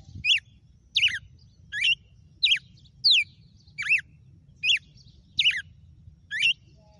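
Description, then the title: Red-cowled cardinal song of nine loud, downslurred whistled notes, about one every three-quarters of a second, over low background noise. Female. "Canto Galo Campina Fêmea 06. GALO DE CAMPINA FENRIR - HJ FOI AÇOITE VIU??"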